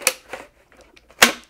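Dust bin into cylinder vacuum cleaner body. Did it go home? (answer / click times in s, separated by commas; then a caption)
yes / 1.2 s. The dried dust bin of a Dyson Big Ball cylinder vacuum is slid back onto the vacuum body and pushed until it latches. Two sharp knocks at about 0.1 s and 0.3 s are followed by faint scraping and rustling. A loud, sharp click at 1.2 s marks the bin seating in place.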